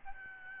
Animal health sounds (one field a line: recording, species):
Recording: mosquito wingbeat signal from an infrared sensor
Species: Aedes albopictus